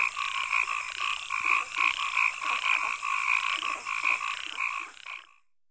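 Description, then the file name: Frogs croaking in a dense chorus of rapid, pulsing notes, with a steady high-pitched insect-like trill above; sound cuts off near the end. Frogs croaking in a swamp in Africa. "Lyagushki v bolote kvakajut - afrika"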